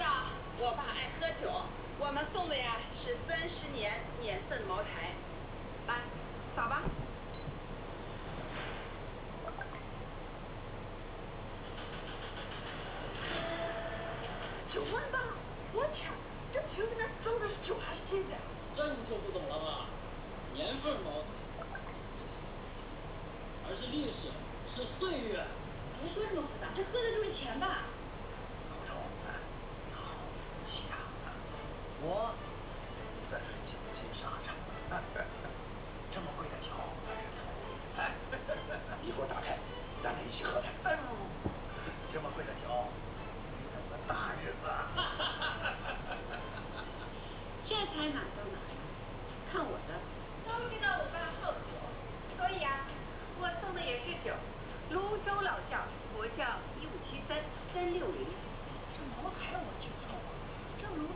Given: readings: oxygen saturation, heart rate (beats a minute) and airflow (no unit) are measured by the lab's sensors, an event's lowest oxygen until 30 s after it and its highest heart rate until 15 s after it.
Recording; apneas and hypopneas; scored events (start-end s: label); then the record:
a person awake in a sleep study, by a voice recorder at the bedside; none
0.00-61.16 s: awake
From the record:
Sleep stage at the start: awake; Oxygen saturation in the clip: 93 to 94%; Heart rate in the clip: 60 to 74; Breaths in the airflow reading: 20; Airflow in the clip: -6.9 to 7.0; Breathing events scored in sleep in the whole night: 476 in 9.7 hours asleep